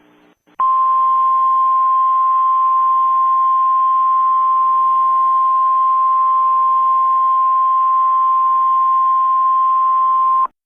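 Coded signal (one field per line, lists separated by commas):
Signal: Emergency Alert System (SAME) tones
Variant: 1050 Hz attention tone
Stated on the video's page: Fictional EAS scenario inspired by a creepypasta game.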